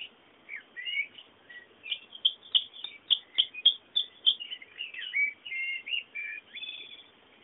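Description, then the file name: Bird singing: warbled whistled phrases mixed with a fast series of short sharp chips in the middle, then more whistled notes, over faint steady hiss. Background birdsong. "fondo pajaros"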